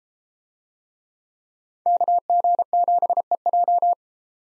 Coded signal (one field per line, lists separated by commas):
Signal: Morse code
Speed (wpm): 32 wpm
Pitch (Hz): 700 Hz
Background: none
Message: KG7EJ